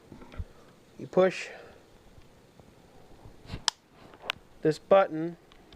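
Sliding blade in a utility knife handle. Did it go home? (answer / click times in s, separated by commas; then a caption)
no / none. Someone talks while pressing the button on a sliding-blade utility knife and pushing the blade out along the handle, with a few sharp handling ticks between the words. The blade has not locked into place yet.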